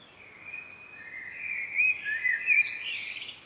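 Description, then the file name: Common blackbird singing a mellow warbled phrase that rises into a thin, scratchy high twitter at its end. "Turdus merula"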